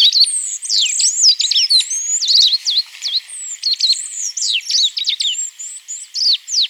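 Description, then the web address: Pale-naped brush-finch song, a dense, continuous jumble of high, sharp downslurred and zigzag notes tumbling rapidly throughout, with no other clear sounds. Recorded in Ecuador. "Birds of Ecuador. Pale-Naped Brush-Finch"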